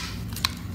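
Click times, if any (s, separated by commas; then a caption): 0.4 s. A plastic bead filler piece is pressed onto a bead design tray base until it snaps into place with a sharp click at 0.4 s, preceded by a softer contact sound. The piece is seated.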